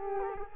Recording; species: mosquito wingbeat signal from an infrared sensor; Culex quinquefasciatus